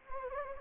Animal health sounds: mosquito wingbeat signal from an infrared sensor; Anopheles gambiae

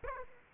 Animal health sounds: mosquito wingbeat signal from an infrared sensor; Aedes aegypti

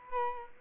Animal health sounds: mosquito wingbeat signal from an infrared sensor; Culex quinquefasciatus

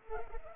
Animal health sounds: mosquito wingbeat signal from an infrared sensor; Culex pipiens

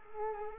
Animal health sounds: mosquito wingbeat signal from an infrared sensor; Culex quinquefasciatus

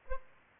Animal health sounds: mosquito wingbeat signal from an infrared sensor; Aedes aegypti

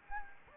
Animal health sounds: mosquito wingbeat signal from an infrared sensor; Anopheles gambiae

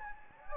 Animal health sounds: mosquito wingbeat signal from an infrared sensor; Anopheles gambiae

